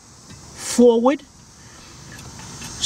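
The headlight bulb retaining latch in the headlamp housing of a 2001 Mercedes-Benz SLK230's right front low beam is swung to the right into position while someone talks. Brief soft hissy rustles are heard near 0.6 s and again at the very end. Nothing has clicked or locked into place yet.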